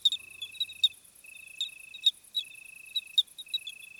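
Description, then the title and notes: Crickets singing a steady high trill that breaks off and resumes, with scattered ticking and faint higher insect buzzes over it. Crickets on a hot summer night, 26 July 2020 at 21:15, Plateau de Lesches-en-Diois; Nagra Seven with B&K omni microphone. "SOIRÉE DE GRILLONS D’ÉTÉ. 26 juillet 2020-21h15-Plateau de Lesches en diois"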